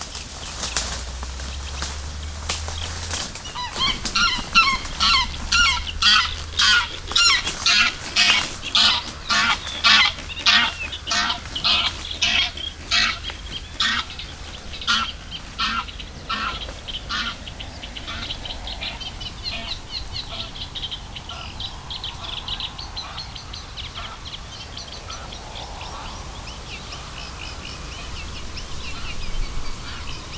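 Greylag geese fly over cackling wildly, a dense run of loud, rhythmic honks from about four to seventeen seconds that then fades away. Reed birds keep up steady, chattering song underneath, and a low rumble sits under the opening seconds.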